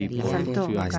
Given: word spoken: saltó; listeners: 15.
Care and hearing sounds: one Spanish word in noise, from a listening test; four-talker babble; -2.0 dB; 1 of 15; 7 of 15; 0.59 s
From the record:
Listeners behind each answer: 7, 1, 1, 1, 1, 1, 1, 1, 1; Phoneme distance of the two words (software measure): 10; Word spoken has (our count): 2 syllables, 5 phonemes, stress on syllable 2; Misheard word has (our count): 2 syllables, 5 phonemes, stress on syllable 2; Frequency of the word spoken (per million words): 9.77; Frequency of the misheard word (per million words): 9.00

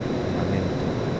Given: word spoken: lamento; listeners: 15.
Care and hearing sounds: one Spanish word in noise, from a listening test; speech-shaped noise; -4.2 dB; 0 of 15; 7 of 15; 0.80 s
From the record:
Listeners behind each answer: 7, 1, 1, 1, 1, 1, 1, 1, 1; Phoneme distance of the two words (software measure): 20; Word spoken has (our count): 3 syllables, 7 phonemes, stress on syllable 2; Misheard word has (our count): 3 syllables, 7 phonemes, stress on syllable 2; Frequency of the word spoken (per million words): 7.79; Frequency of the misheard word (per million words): 538.36

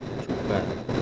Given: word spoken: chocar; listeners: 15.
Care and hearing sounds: one Spanish word in noise, from a listening test; noise modulated by three-talker babble; -3.9 dB; 3 of 15; 9 of 15; 0.63 s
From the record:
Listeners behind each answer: 9, 3, 1, 1, 1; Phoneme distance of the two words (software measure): 20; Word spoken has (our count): 2 syllables, 5 phonemes, stress on syllable 2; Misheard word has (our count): 2 syllables, 5 phonemes, stress on syllable 2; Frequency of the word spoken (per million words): 4.69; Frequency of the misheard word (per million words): 1.60

